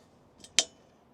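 A HiBoost Travel 3.0 ExplorerX vehicle-mounted cell signal booster antenna on a GX460 is folded down into its stowed position on its plastic mount bracket. A faint tick at 0.4 s is followed by a sharp, bright click at 0.6 s as the antenna seats into place.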